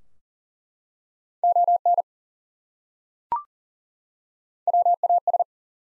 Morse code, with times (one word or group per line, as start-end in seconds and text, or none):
1.4-2.0 ON
4.7-5.4 WAS